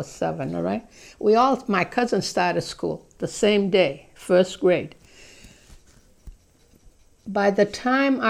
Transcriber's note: none